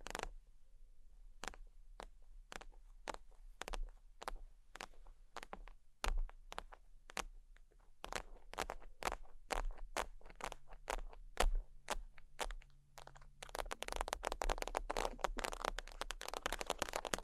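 Sheets scratching and tapping: crisp, regular taps about twice a second, quickening after eight seconds, then dense continuous scratching in the final four seconds.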